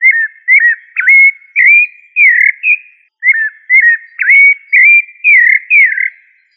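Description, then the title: Thrush with a quick run of varied fluting whistles, looping and slurred notes, in two phrases split by a short pause. "Familia Turdidae - Sabia"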